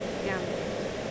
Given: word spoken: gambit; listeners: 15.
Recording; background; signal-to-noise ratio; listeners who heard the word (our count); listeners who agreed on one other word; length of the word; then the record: one English word in noise, from a listening test; speech-shaped noise; -6.2 dB; 0 of 15; 7 of 15; 0.71 s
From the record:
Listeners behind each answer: 7, 3, 1, 1, 1, 1, 1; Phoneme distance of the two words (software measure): 17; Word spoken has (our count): 2 syllables, 6 phonemes, stress on syllable 1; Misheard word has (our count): 2 syllables, 5 phonemes, stress on syllable 1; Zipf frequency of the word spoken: 2.73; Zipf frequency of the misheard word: 4.15